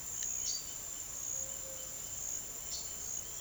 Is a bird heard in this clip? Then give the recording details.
yes. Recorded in pastures near Puerto Asís, Putumayo, Colombia, on 4 March 2025 at 08:30. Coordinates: 0.487, -76.322. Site G077